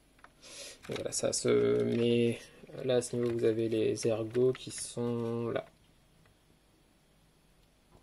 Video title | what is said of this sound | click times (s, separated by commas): Sentai Robo Review #9 : Gattai Super Brother Joint Super! Five Robo 合体・スーパーブラザージョイント！スーパーファイブロボ（ふら語） | en fait ça s'enclenche la la | 0.2 s